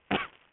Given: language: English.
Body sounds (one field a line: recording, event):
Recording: throat vibration sensor signal played as sound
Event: cough